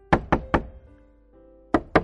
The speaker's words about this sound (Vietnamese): Có tiếng gõ cửa. Mợ ơi, dậy chưa? Tiếng gõ cửa vang lên cùng với tiếng gọi.